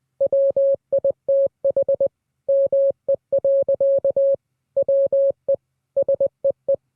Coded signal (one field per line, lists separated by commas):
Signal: Morse code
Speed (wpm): 20 wpm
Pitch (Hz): 550 Hz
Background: none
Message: WITH ME. WE SEE